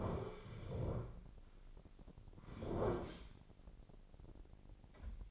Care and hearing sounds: daily activity, microphone in the room; sit down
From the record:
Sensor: 5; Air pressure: 1009.3 hPa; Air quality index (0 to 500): 155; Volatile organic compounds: 2 ppm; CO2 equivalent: 1192 ppm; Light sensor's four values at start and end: 209/500/211/229 and 207/496/210/226

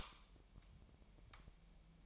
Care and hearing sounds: daily activity, microphone in the room; light off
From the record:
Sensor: 1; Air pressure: 1002.0 hPa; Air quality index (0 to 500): 249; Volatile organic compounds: 53 ppm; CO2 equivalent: 3337 ppm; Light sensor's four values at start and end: 14/46/19/19 and 5/11/4/5

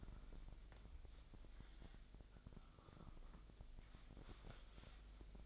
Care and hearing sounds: daily activity, microphone in the room; wipe stove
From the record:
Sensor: 5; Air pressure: 1001.7 hPa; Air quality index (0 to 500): 179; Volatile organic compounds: 11 ppm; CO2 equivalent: 2300 ppm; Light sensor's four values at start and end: 24/79/30/31 and 24/80/30/31

